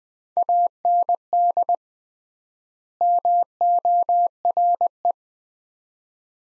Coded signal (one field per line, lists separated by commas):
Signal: Morse code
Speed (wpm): 20 wpm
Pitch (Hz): 700 Hz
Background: none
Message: AND MORE